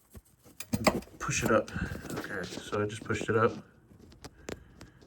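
A plastic gator clip on the door handle rail of a 2006-or-older Jeep is pushed up by finger, giving a sharp click at 0.6 s, followed by a few more faint ticks near the end. Someone talks. The clip has moved up one notch and is partly locked but not fully home, still needing one more notch.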